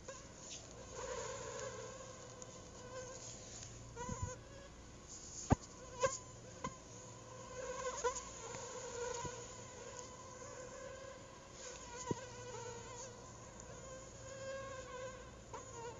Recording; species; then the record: mosquito flight sound by mobile phone; Anopheles arabiensis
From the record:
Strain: Rufisque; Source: CDC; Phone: Google Nexus